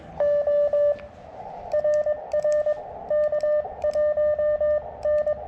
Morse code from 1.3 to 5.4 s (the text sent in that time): RR K1N